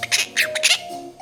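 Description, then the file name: Monk parakeet squawks: a quick run of four or five short, scratchy, high screeches in the first second, then a brief pause and one more rasp. Chattering (talking) and singing. "popugai kvaker monax kalita boltaet i poyot"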